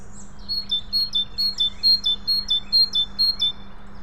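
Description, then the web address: Great tit song, a steady run of about eight crisp two-note phrases alternating high and slightly lower, evenly spaced, with a faint low hum beneath. "SETE data Parus major"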